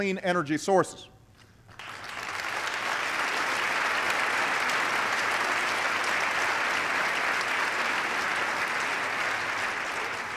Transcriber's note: applause